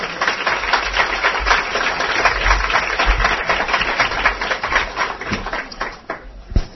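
A crowd breaks into steady applause, dense overlapping claps filling the whole stretch, thinning slightly near the end where a few sharper individual claps stand out.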